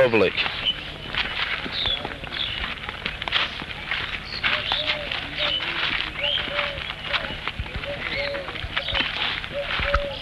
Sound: bird is singing nearby

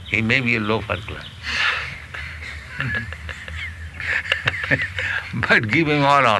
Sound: laughter

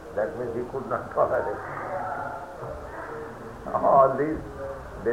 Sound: laughs

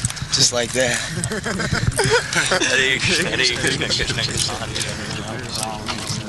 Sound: laughter

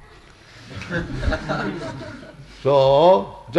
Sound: laughter

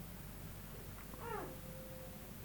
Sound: baby making noise

